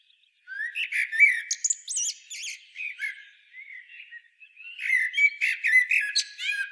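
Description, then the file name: Common blackbird singing varied chirping, twittering phrases with high squeaky notes, a softer stretch near the middle, then another busy twittering burst. "Turdus merula"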